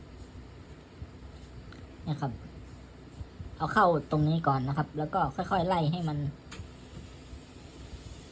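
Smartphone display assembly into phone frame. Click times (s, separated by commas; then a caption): 6.5 s. A repaired iPhone display is pressed into the phone frame, one edge hooked in first and then worked along so the clips lock. Someone talks from about 2 to 6.3 seconds, then a sharp hit is heard at 6.5 seconds as the screen clips into the frame and seats.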